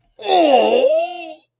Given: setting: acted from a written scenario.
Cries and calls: vocal sound without words; pain

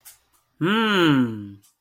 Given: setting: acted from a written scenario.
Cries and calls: vocal sound without words; amusement

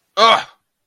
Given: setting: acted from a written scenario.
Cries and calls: vocal sound without words; pain

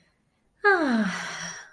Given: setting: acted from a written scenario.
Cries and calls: vocal sound without words; serenity

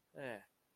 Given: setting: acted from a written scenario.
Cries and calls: vocal sound without words; sadness

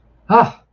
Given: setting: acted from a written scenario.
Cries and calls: vocal sound without words; realization

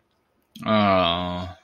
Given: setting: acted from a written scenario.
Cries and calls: vocal sound without words; embarrassment

